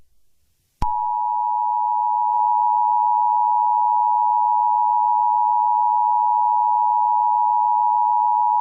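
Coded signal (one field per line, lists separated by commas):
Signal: Emergency Alert System (SAME) tones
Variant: 853 and 960 Hz attention tone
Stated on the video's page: Fictional EAS scenario about summer heat, containing both valid and invalid EAS tones.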